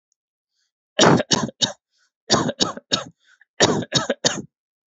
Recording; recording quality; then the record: shallow voluntary cough; excellent, no background noise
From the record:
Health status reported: healthy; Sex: male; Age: 22 years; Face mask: not worn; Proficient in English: yes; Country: India